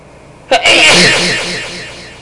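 A single adult sneeze heard from a distance in a room: a short, sharp intake-burst, then a hissing, echoing release.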